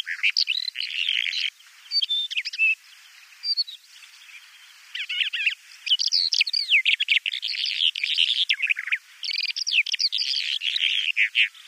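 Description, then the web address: Bimaculated lark song, a varied, jumbled twittering of buzzy and whistled notes in bursts separated by short pauses. "Schulze Peter Bimaculated Lark song"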